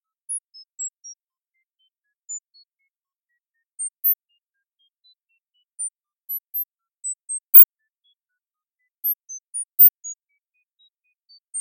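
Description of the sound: Brief, quiet, pure beeping tones come at irregular intervals in near silence, each at a different high pitch, roughly twenty over twelve seconds. This is a synthesized sound-therapy demonstration for hyperacusis, built from scattered high tone pips.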